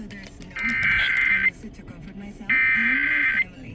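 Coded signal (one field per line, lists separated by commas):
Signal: Emergency Alert System (SAME) tones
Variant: header bursts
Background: speech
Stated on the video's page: Florida required monthly test from FM stations WSRZ-FM Coral Cove 107.9 MHz and WUSF-FM Tampa 89.7 MHz.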